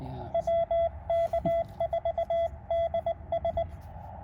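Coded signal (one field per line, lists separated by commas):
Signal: Morse code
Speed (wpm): 19 wpm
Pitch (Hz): 670 Hz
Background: none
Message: WK4DS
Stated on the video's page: Parks on the Air QRP activation of a park in Illinois, fast-paced, sent with a KX2 and KXPD3 paddles used as a cootie, into a 9:1 vertical.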